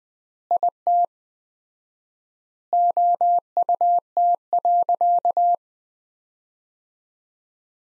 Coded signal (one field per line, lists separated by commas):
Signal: Morse code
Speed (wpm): 20 wpm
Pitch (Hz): 700 Hz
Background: none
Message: IT OUT.